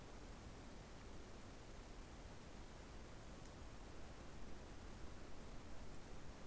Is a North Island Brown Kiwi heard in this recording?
no